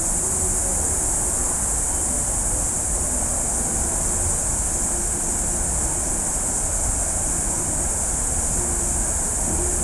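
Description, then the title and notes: Cicada song: a steady, unbroken high shrill drone running throughout, over a constant low rumble. Cicadas at night in Azzone, Italy; over 8 hours of recording compressed into 11 minutes. "Azzone di Notte (Cicale). Registrazione di oltre 8 ore effettuata ad Azzone "compressa" in 11 minuti"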